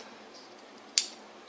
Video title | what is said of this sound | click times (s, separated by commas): The 7228 Pocket Knife From SRM Knives! | it'll snap into place then you can carry it on your other side so this is truly an ambidextrous knife | 1.0 s